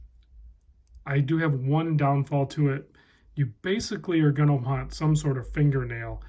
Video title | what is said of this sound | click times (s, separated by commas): Zodiac Super Sea Wolf World Time | so this guy just snaps into place and then that goes over | 0.9 s